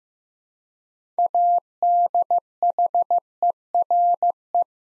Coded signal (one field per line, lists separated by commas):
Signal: Morse code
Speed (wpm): 15 wpm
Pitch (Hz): 700 Hz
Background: none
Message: ADHERE